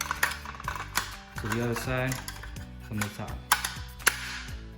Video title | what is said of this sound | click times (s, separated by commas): TRAY ACCESSORIES | They snap in place. | 4.1 s